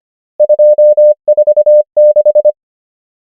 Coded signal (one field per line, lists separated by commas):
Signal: Morse code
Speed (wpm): 25 wpm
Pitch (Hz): 600 Hz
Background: none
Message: 2 4 6